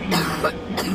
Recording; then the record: coughing mixed with background sound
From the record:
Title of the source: choking, hacking coughing